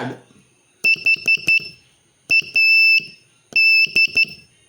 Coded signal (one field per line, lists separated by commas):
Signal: Morse code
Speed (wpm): 12 wpm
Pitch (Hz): 2650 Hz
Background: none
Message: HAD